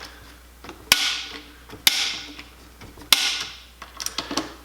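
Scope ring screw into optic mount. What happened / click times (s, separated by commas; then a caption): A torque-limiting driver clicked out at its setting three times / 0.9 s, 1.9 s, 3.1 s. Scope ring screws on a UTG cantilever mount holding a Vortex Crossfire II optic are tightened evenly with a torque-limiting driver. The driver gives three sharp clicks at its setting, at 0.9, 1.9 and 3.1 seconds, followed by a few lighter ticks near the end. Three clicks is the manufacturer's recommendation, so the screws are confirmed torqued to spec.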